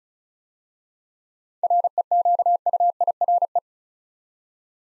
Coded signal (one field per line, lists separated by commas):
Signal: Morse code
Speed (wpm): 36 wpm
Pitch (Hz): 700 Hz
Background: none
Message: REQUIRE